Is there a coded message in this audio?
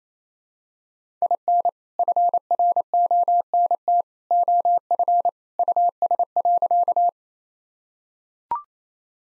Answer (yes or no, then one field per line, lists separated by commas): yes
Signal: Morse code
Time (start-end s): 1.2-7.1 s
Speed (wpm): 28 wpm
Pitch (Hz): 700 Hz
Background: none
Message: IN FRONT OF US.